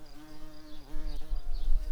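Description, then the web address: Tree bumblebee buzzing, a steady low droning hum with layered tones that dips briefly near the middle, over rumbling low noise that grows louder in the second half. Queens. "bumblebees Hypnorum-queens"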